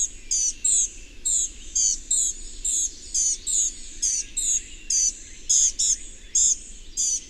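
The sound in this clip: Bird song: high, bright chirps with a falling tail, repeated in irregular bursts over a faint steady background hiss.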